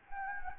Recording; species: mosquito wingbeat signal from an infrared sensor; Anopheles gambiae